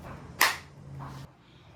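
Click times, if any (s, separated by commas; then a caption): 0.4 s. A cordless tool battery pack is slid into the battery bay of a Ryobi OLT 1832 line trimmer, and its latches click into place with a sharp, loud, very short snap at 0.4 s. Quieter handling sounds follow until about 1.3 s, with a low steady hum underneath, and the battery pack is seated.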